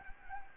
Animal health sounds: mosquito wingbeat signal from an infrared sensor; Anopheles gambiae

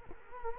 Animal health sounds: mosquito wingbeat signal from an infrared sensor; Culex quinquefasciatus

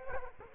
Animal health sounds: mosquito wingbeat signal from an infrared sensor; Culex quinquefasciatus

